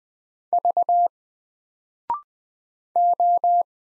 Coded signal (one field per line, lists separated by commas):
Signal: Morse code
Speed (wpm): 20 wpm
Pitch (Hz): 700 Hz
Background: none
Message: V O